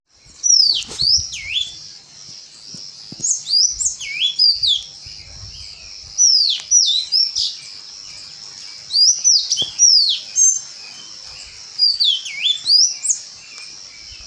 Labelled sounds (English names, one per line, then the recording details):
Yellow-crowned Canary
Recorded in Bwindi, Uganda